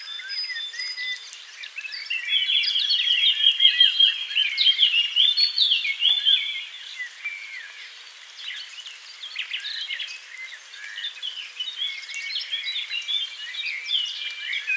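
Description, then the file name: Eurasian blackcap song: a loud burst of rapid trilled notes and varied warbling, then quieter, continuous twittering. "Sylvia atricapilla"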